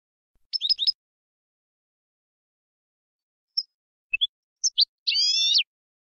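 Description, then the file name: European goldfinch song: a brief burst of bright twittering notes, a long pause, then a few scattered chips and a short final phrase. Recorded in 2019; the song is described as clean goldfinch song (canto limpio). "Canto del Jilguero Limpio 2019 Chant chardonneret 2019"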